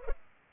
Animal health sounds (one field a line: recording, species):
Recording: mosquito wingbeat signal from an infrared sensor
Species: Culex pipiens